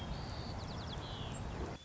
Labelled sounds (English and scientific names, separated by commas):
White-crowned Sparrow (Zonotrichia leucophrys)